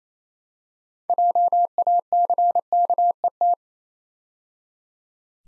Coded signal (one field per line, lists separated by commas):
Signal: Morse code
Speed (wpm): 28 wpm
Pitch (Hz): 700 Hz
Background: none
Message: JACKET